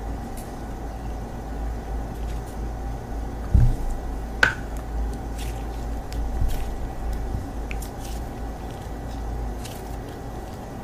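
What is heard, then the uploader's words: Slime being played with under a steady low hum, with faint squishes, a soft thump near 3.5 seconds and a sharp click near 4.5. It was so much fun to play with the slime.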